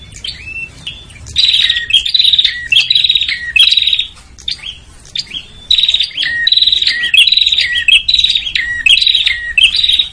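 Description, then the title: Prinia calls: quiet start, then rapid series of harsh buzzy notes and brief downslurred whistles, running almost continuously through the second half. Noisy prinia calls used as a lure to attract prinias, including red-headed and visiting birds. "Suara Prenjak Ribut Buat Pikat Burung Prenjak Kepala Merah Prenjak Tamu"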